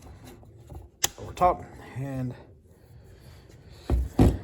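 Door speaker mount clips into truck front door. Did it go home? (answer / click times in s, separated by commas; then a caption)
yes / 3.9 s. A front door speaker mount is set into the front door of a Dodge Ram Mega Cab truck and its small clips are pulled over the top while someone talks. A loud, sharp snap at 3.9 s marks the mount clipping firmly into place.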